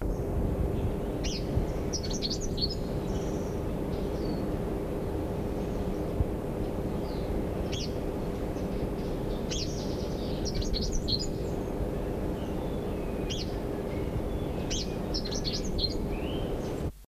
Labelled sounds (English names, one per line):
Northern Double-collared Sunbird call